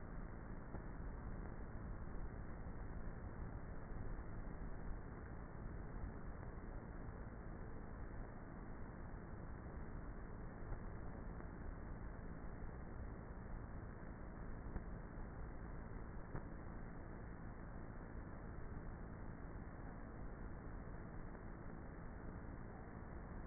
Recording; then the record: honeybee colony, microphone inside the hive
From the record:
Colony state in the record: queenless with a low population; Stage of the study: before two queens were removed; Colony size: about 30,000 bees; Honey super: no